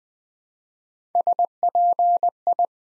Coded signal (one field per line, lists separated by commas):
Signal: Morse code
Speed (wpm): 20 wpm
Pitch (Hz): 700 Hz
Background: none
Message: SPI